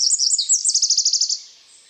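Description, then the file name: Eurasian wren song: a rapid high twittering opening that breaks into a fast, even trill of sharp notes, then fades out. "Troglodytes troglodytes"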